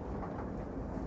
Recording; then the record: background sound without coughing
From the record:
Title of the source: Train Ride Ambience ambient white noise for sleeping, focus, studying, reading